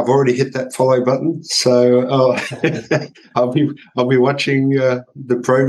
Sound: chuckle